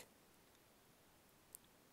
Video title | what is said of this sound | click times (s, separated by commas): Playmobil ATM Money MACHINE and MOVIES with Teletubbies Toys Video! | step 2 is to put the two green pieces together and you will hear a click | 1.5 s